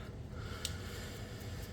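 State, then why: Not seated. A plastic tab on a transforming robot toy is pushed toward its slot during transformation, with faint handling noise throughout and one brief, sharp tick near 0.7 s. The tab has not seated or clicked into place yet; it fails to go in.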